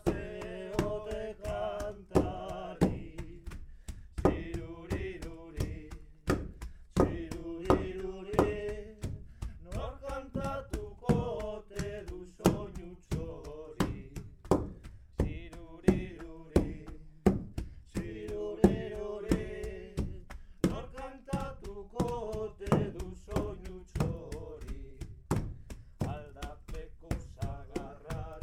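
A field recording from the Basque Country: rapid, sharp wooden knocks strike almost continuously, several per second, in a busy, uneven rhythm. Between the hits, pitched ringing tones rise and fall in short phrases, recurring every few seconds throughout.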